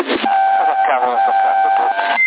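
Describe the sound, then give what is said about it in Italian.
A thin, narrowband CB radio channel carries muffled talking over steady electronic tones, ending with a short, higher-pitched beep as the microphone button is pressed. “No, no, quando schiacci è importante si sente un bip.”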